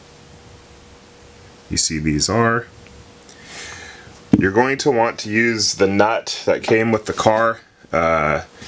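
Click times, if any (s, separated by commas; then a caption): none. A threaded stud is pressed by hand into a metal adjustable camber plate for an Isuzu Stylus strut. Someone talks over low background noise, with only a couple of faint soft sounds near 2.9 s and 3.3 s. The stud is not fully seated and nothing has clicked yet.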